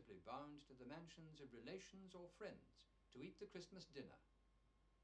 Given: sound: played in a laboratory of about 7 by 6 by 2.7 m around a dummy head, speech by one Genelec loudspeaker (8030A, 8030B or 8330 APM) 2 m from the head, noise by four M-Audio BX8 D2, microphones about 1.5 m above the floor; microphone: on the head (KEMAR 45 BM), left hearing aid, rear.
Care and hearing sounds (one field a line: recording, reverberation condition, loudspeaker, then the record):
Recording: male speech in English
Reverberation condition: low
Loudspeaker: 150 degrees to the left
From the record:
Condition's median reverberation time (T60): about 310 ms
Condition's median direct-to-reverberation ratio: about 3.5 dB